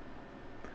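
A tiny screw is driven into the white plastic canopy of a small Tinyhawk 2 quad. At 0.6 s the thread in the plastic gives way with a short, soft sound over a steady low background, and the screw strips out of the canopy.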